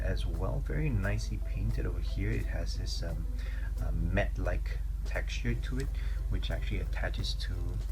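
A small painted plastic pouch accessory is handled next to its peg on an S.H. Figuarts Uzumaki Naruto action figure, to be pressed on, while someone talks over steady background music. The pouch has not seated or clicked onto the peg yet.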